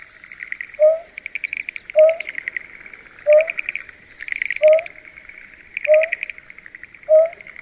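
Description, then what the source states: Greater painted-snipe repeating short, soft, low hoots about every 1.2 seconds, while a buzzy, pulsed insect trill runs steadily behind. Recorded in the suburbs of Tokyo, Japan.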